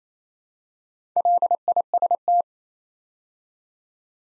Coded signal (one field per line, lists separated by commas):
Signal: Morse code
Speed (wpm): 27 wpm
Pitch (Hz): 700 Hz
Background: none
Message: LIST